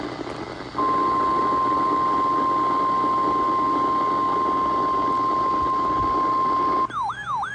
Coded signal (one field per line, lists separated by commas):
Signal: Emergency Alert System (SAME) tones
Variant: 1050 Hz attention tone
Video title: NWS Gray Required Weekly Tests - 10/8/25 (EAS #2,382-2,384)